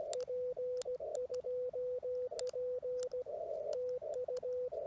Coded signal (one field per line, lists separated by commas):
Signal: Morse code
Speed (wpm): 16 wpm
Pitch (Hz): 500 Hz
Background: radio noise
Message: P2P TU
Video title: Parks on the Air in CW. Practice with W4EMB